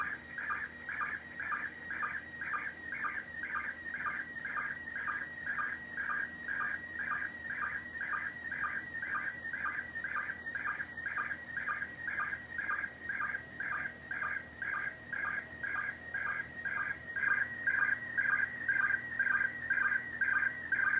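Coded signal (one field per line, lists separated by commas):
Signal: SSTV (slow-scan television)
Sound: warbling tones between 1.5 and 2.3 kHz, with a rhythmic chirp about twice a second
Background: steady low hum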